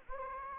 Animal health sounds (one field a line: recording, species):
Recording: mosquito wingbeat signal from an infrared sensor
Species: Anopheles gambiae